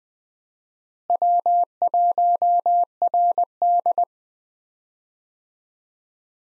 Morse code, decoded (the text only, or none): W1RD